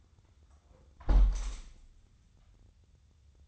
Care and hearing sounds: daily activity, microphone in the room; close window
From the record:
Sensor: 3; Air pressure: 1000.4 hPa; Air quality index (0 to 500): 173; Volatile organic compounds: 3 ppm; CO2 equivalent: 1500 ppm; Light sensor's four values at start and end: 13/35/14/15 and 13/34/13/15

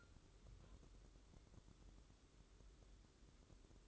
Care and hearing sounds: daily activity, microphone in the room; take from stove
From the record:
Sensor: 3

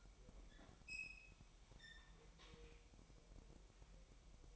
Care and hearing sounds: daily activity, microphone in the room; open fridge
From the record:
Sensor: 1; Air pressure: 1002.0 hPa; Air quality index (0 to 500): 244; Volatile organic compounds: 49 ppm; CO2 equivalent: 3282 ppm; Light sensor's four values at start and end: 8/28/10/11 and 8/28/10/11

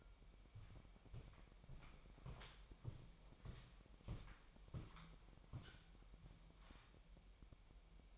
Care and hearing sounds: daily activity, microphone in the room; walk to room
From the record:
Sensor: 1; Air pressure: 1002.0 hPa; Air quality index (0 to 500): 248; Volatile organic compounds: 52 ppm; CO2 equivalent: 3326 ppm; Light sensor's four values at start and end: 9/22/9/10 and 9/21/8/9

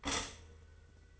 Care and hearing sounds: daily activity, microphone in the room; stop toaster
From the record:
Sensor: 4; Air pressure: 991.5 hPa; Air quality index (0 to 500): 137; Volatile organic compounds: 54 ppm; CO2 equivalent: 3346 ppm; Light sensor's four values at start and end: 18/56/21/21 and 18/56/21/21

